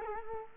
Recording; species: mosquito wingbeat signal from an infrared sensor; Culex quinquefasciatus